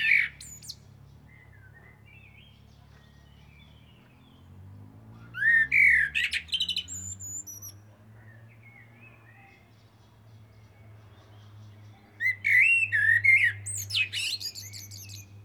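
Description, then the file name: Eurasian blackbird song: the tail of one phrase, then two full phrases of fluted whistles mixed with scratchy high twitters, spaced by quiet gaps, over a steady low hum. "Turdus merula"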